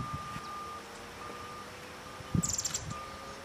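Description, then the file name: Straneck's tyrannulet with one brief, very high rapid trill near the end, over soft low knocks and a faint continuous tone. Recording dated 19-05-15. "Piojito-Trinador-19-05-15"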